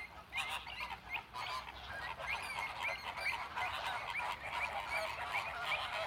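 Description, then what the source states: Loud flamingo flock chatter, dense overlapping honks and gabbling calls that keep going without pause. Captive flamingos recorded in the flamingo enclosure at Bristol Zoo.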